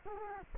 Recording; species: mosquito wingbeat signal from an infrared sensor; Culex quinquefasciatus